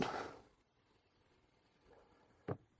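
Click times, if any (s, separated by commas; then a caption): none. A hinged section of a plastic brick modular barbershop building is handled as it is swung back closed, to be slid over the top until it locks into place. A soft broadband rustle at the start fades into near silence, followed by a short sharp tap at about 2.5 s and a faint knock at the very end. Nothing has seated or clicked yet; the section is not yet home.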